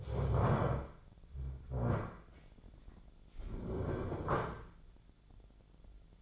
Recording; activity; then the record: daily activity, microphone in the room; stand up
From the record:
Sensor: 5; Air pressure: 1008.0 hPa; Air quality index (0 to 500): 154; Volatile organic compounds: 3 ppm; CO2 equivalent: 1474 ppm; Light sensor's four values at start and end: 58/162/63/63 and 58/162/63/63